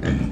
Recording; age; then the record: pig call; growing-finishing pig (85 days or more)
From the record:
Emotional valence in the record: negative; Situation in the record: barren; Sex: female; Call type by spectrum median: low-frequency call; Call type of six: low-frequency stable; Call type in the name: low-frequency stable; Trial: 1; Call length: 0.32 s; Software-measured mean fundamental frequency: 53 Hz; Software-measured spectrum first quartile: 129 Hz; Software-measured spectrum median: 235 Hz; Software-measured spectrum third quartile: 583 Hz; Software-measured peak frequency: 150 Hz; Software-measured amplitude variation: 163 dB a second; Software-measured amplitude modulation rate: 29.6 a second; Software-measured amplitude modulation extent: 5.5 dB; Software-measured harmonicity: -0.4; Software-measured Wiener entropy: -1.13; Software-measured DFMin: 993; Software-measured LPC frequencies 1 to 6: 1710, 2349, 3225, 4664, 5546, 6644 Hz